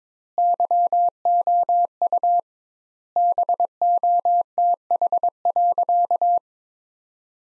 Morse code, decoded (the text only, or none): YOU BOTH.